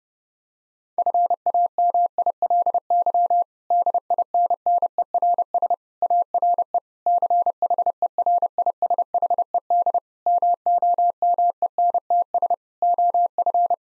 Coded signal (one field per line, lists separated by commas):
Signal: Morse code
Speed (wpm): 30 wpm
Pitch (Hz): 700 Hz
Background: none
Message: FAMILY DINNERS ARE CHERISHED MOMENTS OF